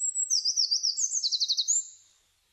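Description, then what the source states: Eurasian wren song: a rapid, high-pitched run of sharp trills and repeated notes, then silence. Recorded 23 July 2006.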